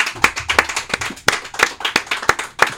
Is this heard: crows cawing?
no